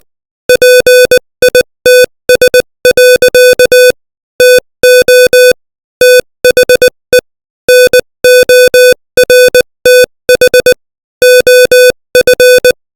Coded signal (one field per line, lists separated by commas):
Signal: Morse code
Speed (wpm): 20 wpm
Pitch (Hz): 500 Hz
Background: music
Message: PITS. TO THE NORTH OF